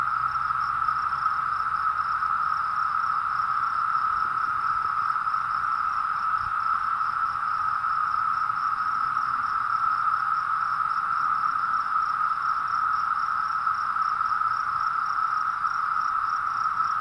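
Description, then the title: Cicadas calling in a dense chorus: a steady, unbroken droning whine holding one pitch throughout, with a faint pulsing shimmer above it. Recorded on a phone outdoors one morning, amid a mass emergence with cicadas completely surrounding the recorder; sound likened to flying saucers in old science-fiction films. "The Cicada Invasion"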